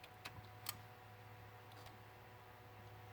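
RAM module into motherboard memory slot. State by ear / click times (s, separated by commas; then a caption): not seated / none. A second RAM module is handled over a motherboard memory slot and has not seated or clicked into place yet. Light plastic ticks sound near 0.3 s and a sharper tick at 0.7 s over a steady low hum.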